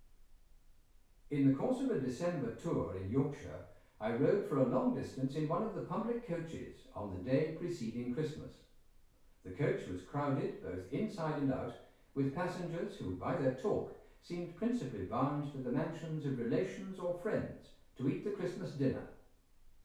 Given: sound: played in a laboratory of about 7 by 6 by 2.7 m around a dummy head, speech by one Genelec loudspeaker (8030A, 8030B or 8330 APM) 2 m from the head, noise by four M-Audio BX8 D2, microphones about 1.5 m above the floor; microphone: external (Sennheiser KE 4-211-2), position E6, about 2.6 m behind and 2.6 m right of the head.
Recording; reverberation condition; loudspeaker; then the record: male speech in English; medium; 90 degrees to the right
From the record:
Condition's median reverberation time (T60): about 510 ms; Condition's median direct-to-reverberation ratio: about -0.5 dB